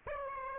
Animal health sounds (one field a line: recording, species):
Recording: mosquito wingbeat signal from an infrared sensor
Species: Aedes aegypti